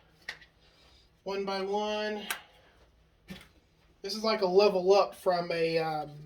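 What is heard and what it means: The next of four plastic fan pieces on a Bell + Howell Socket Fanlight is set into its notches and snaps in, giving one sharp click at 0.3 s. The piece is seated in its notched mount, and someone talks for the rest of the clip.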